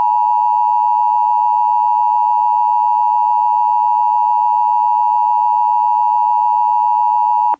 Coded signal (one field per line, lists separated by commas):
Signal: Emergency Alert System (SAME) tones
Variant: 853 and 960 Hz attention tone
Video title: Silent Blizzard - An EAS Scenario